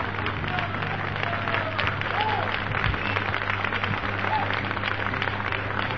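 An audience applauds steadily for about six seconds, a dense patter of many hands clapping at a constant loudness, with a low hum and faint crowd murmur underneath.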